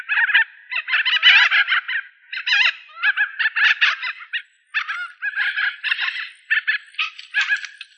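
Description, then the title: Australorp chickens calling: bursts of raspy, overlapping clucks and squawks come in uneven groups with short pauses between them. "manok ostrali"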